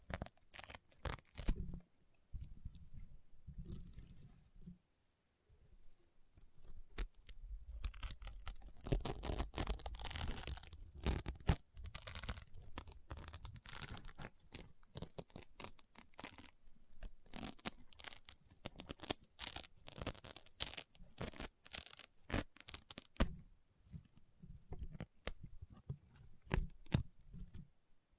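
Crunchy, popping slime being squeezed and pressed, with dense clusters of sharp crackles and snaps throughout. Bursts are bright and packed tightly, with a brief quiet pause near five seconds and busier, louder stretches around ten seconds and again near the end.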